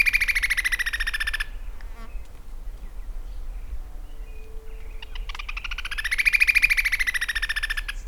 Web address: sound great-xenops. صدای-پرنده-درفش-نوک-بزرگ